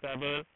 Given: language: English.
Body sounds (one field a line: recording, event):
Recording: throat vibration sensor signal played as sound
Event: speech